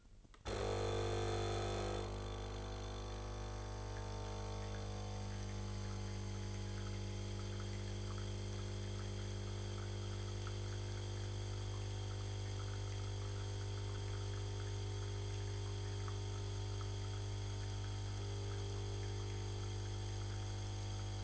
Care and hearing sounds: daily activity, microphone in the room; make coffee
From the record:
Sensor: 4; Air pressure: 1002.9 hPa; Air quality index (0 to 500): 245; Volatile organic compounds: 19 ppm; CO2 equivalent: 2664 ppm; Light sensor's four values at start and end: 4/10/4/4 and 4/10/4/4

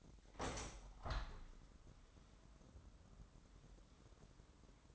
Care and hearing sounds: daily activity, microphone in the room; open window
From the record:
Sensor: 3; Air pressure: 998.0 hPa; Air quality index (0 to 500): 130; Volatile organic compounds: 4 ppm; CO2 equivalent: 1552 ppm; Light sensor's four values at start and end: 14/42/17/16 and 14/42/17/15

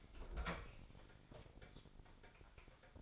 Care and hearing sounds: daily activity, microphone in the room; open fridge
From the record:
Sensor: 5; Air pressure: 995.3 hPa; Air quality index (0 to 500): 84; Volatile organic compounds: 4 ppm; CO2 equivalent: 1550 ppm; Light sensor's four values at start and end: 35/85/34/35 and 38/92/37/38

